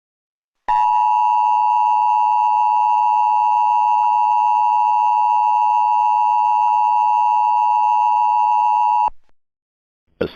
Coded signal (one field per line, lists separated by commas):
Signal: Emergency Alert System (SAME) tones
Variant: 853 and 960 Hz attention tone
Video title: EAS Mock #9: are you ok, Kal?